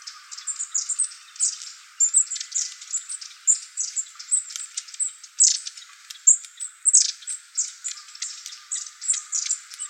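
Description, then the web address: Long-tailed tit calls, a busy stream of very high thin notes, calling almost continuously throughout. Recorded 24 February 2015. "birdenaga enaga"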